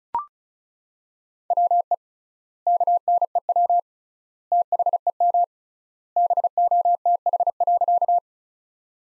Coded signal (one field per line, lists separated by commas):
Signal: Morse code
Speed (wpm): 34 wpm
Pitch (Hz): 700 Hz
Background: none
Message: WE KNEW THEM BOTH.